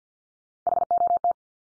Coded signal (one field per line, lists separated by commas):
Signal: Morse code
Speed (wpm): 50 wpm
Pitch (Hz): 700 Hz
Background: none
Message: HOT